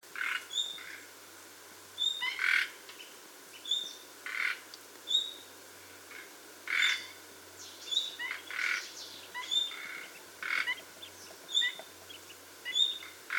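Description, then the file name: Common nightingale calls: high whistles and grating, rasping croaks repeated at short, uneven intervals throughout, over a hissing background. "Luscinia megarhynchos"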